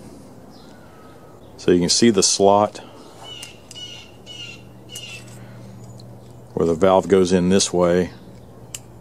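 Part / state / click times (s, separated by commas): valve spring retainer onto engine valve stem / seated / 8.8 s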